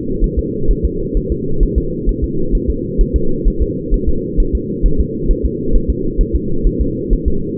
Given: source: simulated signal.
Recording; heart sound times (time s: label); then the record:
fetal heart sounds
0.24 s: S1
0.39 s: S2
0.71 s: S1
0.85 s: S2
1.17 s: S1
1.32 s: S2
1.63 s: S1
1.78 s: S2
2.09 s: S1
2.24 s: S2
2.55 s: S1
2.70 s: S2
3.01 s: S1
3.16 s: S2
3.48 s: S1
3.62 s: S2
3.94 s: S1
4.09 s: S2
4.40 s: S1
4.55 s: S2
4.86 s: S1
5.00 s: S2
5.31 s: S1
5.45 s: S2
5.76 s: S1
5.90 s: S2
6.21 s: S1
6.35 s: S2
6.67 s: S1
6.81 s: S2
7.13 s: S1
7.28 s: S2
From the record:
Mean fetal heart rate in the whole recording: 130 bpm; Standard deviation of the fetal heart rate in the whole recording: 2 bpm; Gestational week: 38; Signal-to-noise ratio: -8.1 dB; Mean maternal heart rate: 72 bpm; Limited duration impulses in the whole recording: absent